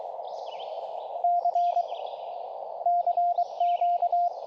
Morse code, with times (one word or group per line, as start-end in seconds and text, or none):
1.2-1.8 C
2.9-4.3 CQ